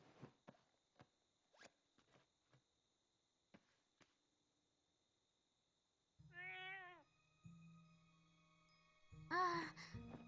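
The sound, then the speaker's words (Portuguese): A series of sharp clicks and rustles comes first, then a cat in the Brazilian Portuguese dub of the film Coraline meows twice: a drawn-out, wavering meow followed by a louder, harsher one at the end, with a low hum between them. “Oi, gatinho. Ainda tá com raiva de mim?”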